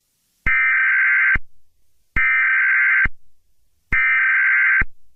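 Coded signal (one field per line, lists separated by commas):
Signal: Emergency Alert System (SAME) tones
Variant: header bursts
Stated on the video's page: Fictional EAS scenario.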